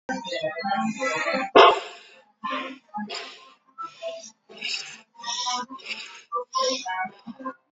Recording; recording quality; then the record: shallow breathing; excellent, no background noise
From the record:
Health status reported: healthy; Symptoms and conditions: none ticked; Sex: male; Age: 19 years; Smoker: not ticked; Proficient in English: yes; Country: India